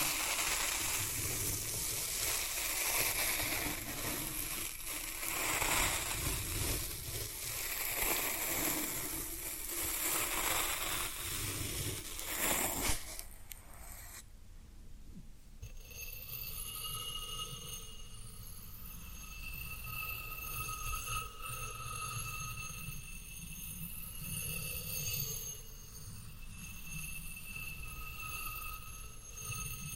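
Floral foam is crushed and crumbled in a dense, crackling rush of tiny snaps for the first thirteen seconds. Then the crunching stops and a quieter stretch follows, with a steady whining tone and a few faint scattered clicks continuing to the end.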